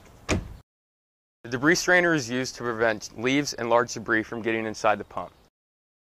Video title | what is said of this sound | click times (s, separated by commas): Wayne 57729 WYNP Automatic ONOFF Water Removal Po | You will hear a click when you input pump into the debris strainer. | 0.3 s